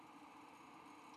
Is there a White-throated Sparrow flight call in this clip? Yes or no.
no